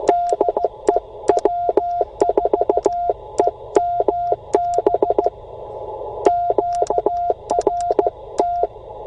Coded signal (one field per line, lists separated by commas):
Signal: Morse code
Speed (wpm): 15 wpm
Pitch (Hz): 700 Hz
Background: none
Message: DE W4EMB QRT